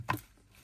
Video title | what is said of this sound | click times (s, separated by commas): Parkside Floor & Wall Sander 😃 & LIDL Cheap DIY Decorating Tools 👌 | Yeah, that's free moving. And then lock in. | 0.1 s